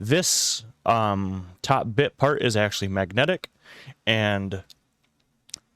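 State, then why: Seated. Someone talks while handling a Linus Tech Tips screwdriver (2023), whose magnetic top cap of the bit storage is lowered back onto the handle. After the talking stops, faint taps are followed by a sharp click at 5.5 s as the cap snaps into place on the handle.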